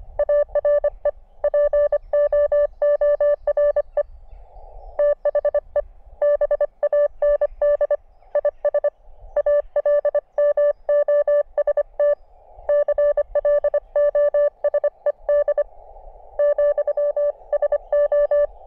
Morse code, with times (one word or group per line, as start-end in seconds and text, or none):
0.2-1.1 ARE
1.4-4.0 POORE
5.0-5.8 THE
6.2-8.0 BAND
8.4-8.9 IS
9.4-12.1 ALMOST
12.7-15.6 CLOSED
16.4-18.5 ,SO